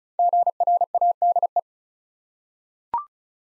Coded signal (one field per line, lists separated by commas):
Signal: Morse code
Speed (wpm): 33 wpm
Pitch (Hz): 700 Hz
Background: none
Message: GRADE